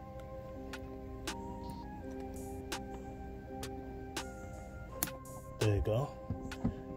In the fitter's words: you go get a satisfying click and it's in